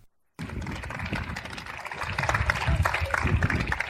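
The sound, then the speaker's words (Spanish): A crowd applauds outside the courthouse as the 'Yesa 8' leave their trial, with supporters who came there clapping. Dense, crackling clapping starts abruptly after a brief silence and grows steadily louder, with indistinct voices mixed into the noise. “Esta es la salida del juzgado de los 8 de Yesa con aplausos de toda la gente que acudió allí.”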